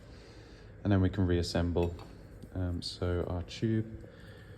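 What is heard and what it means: A removable part is being handled for reassembly into a Mahlkonig E65S GBW coffee grinder after a deep clean, ready to be pushed up into its seat. Someone talks over faint handling sounds. Nothing has seated or clicked yet.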